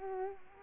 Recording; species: mosquito wingbeat signal from an infrared sensor; Culex quinquefasciatus